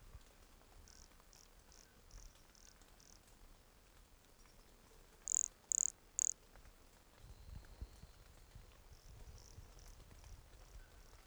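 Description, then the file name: Pumpkin toadlet call of three bright, high chirps evenly spaced, with softer chirp series before and after. Recorded at Entroncamento, Teba, in January 2020, with the frog 20 cm from the microphone. "MHNCI Brachycephalus sulfuratus Entroncamento Teba 20 cm from microphone LFR JAN-2020"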